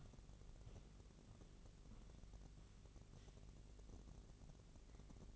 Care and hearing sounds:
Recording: daily activity, microphone in the room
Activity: walk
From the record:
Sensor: 4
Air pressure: 1013.0 hPa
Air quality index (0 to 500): 174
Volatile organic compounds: 2 ppm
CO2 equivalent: 1102 ppm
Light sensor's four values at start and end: 70/172/73/78 and 70/173/74/78

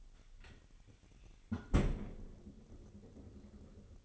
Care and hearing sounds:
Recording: daily activity, microphone in the room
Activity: close fridge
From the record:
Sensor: 4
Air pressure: 989.2 hPa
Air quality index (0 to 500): 225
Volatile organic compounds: 85 ppm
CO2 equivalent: 3646 ppm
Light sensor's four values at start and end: 26/90/33/35 and 26/92/34/36

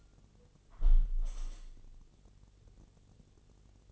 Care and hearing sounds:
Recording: daily activity, microphone in the room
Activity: close window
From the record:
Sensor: 4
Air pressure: 1015.8 hPa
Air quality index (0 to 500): 108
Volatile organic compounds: 2 ppm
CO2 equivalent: 1206 ppm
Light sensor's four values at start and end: 9/20/8/7 and 9/20/8/7

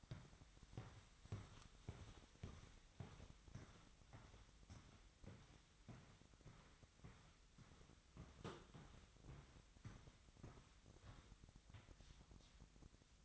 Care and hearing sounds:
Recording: daily activity, microphone in the room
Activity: walk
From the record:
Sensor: 3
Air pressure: 1001.5 hPa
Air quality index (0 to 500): 225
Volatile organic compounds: 32 ppm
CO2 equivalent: 2997 ppm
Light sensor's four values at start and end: 12/37/16/13 and 12/35/15/13

